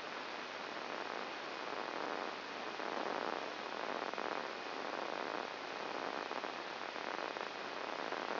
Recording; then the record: brain microelectrode recording played as sound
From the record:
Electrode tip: outside the subthalamic nucleus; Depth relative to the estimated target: 3.5 mm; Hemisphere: right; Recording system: AlphaMap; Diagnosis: Parkinson's disease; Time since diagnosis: 8 years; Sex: male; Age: 57 years